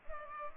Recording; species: mosquito wingbeat signal from an infrared sensor; Culex pipiens